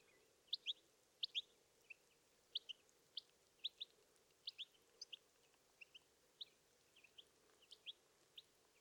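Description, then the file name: European goldfinch calls: thin, high chirps, often doubled, repeated many times over a faint steady background hum. "Carduelis carduelis"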